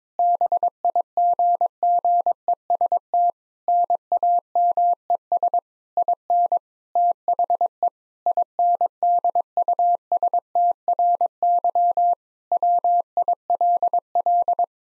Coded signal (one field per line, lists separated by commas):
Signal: Morse code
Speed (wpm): 22 wpm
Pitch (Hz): 700 Hz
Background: none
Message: BIGGEST NAMES IN THE INDUSTRY WILL